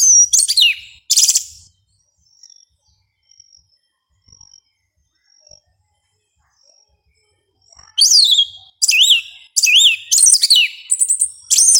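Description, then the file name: Yellow-legged thrush song: two shrill bursts, a quiet stretch with soft thin notes, then a rapid series of squeaky, swooping high phrases. "Canto do sabia una"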